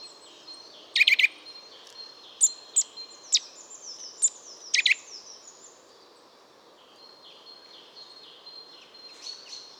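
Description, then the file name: Eurasian nuthatch calling with a few scattered sharp notes, some doubled, in the first half, then quieter faint high chirps and a soft background hiss. "Sitta europaea"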